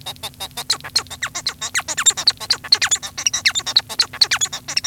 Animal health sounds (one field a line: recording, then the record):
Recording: song of a male Bengalese finch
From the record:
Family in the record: son of father 1